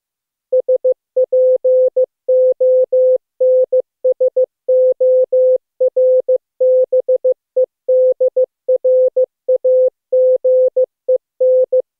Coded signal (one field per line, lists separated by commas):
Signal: Morse code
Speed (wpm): 15 wpm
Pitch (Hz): 510 Hz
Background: none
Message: SPONSORBEDRAGEN